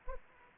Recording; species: mosquito wingbeat signal from an infrared sensor; Anopheles arabiensis